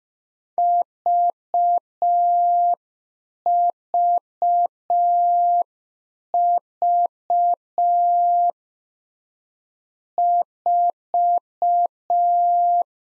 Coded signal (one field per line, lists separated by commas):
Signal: Morse code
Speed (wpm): 5 wpm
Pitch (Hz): 700 Hz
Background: none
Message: VVV 4